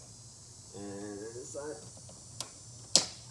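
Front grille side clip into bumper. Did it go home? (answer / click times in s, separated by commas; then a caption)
yes / 3.0 s. Someone talks while the side of the plastic front grille on a 2008 Mercedes SL550 is pressed into the bumper. A faint tick comes at 2.4 s, then a sharp snap at 3.0 s as the grille's side clip seats into the bumper.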